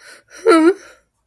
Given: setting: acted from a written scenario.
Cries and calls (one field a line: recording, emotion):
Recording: vocal sound without words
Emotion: sadness